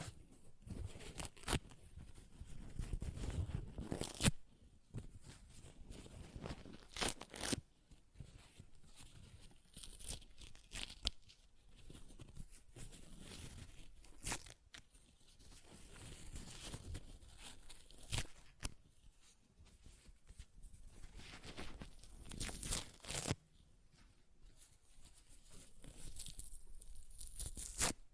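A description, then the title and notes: Paper being ripped and torn in a series of rough, crackling bursts, some short and sharp, others drawn out for a second or more. The tearing comes irregularly throughout, with brief quiet gaps and some crinkling handling noise between rips. ASMR Paper Ripping Tearing Sounds (No Talking).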